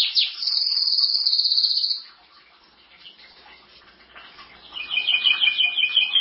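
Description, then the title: Canary song: a sharp note then a two-second bright high trill, a pause with faint background hiss, then a lower rapid rattling trill resuming. "Kenari"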